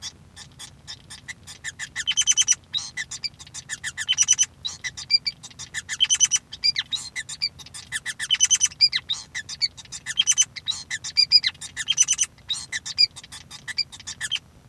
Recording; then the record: song of a male Bengalese finch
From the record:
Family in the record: son of father 5